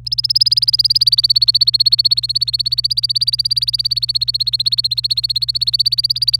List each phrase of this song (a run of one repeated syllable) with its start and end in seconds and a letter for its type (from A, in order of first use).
0.06-6.39 A